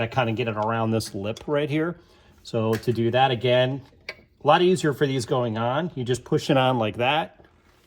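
The upper end of an aftermarket air suspension lowering link for a Mercedes-Benz E55 AMG W211 is being worked around a lip and pushed toward the ball stud on the suspension level sensor arm while someone talks. Nothing has seated or clicked yet.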